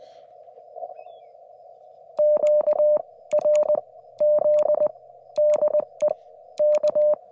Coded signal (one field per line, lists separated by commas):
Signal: Morse code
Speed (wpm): 20 wpm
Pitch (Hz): 590 Hz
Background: none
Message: QRZ DE K